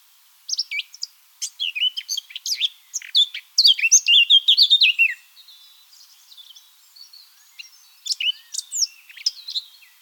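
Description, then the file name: Eurasian blackcap song, quiet scratchy twittering building into a loud warbled run of rich notes, then a lull and more scattered high chirps. "Sylvia atricapilla"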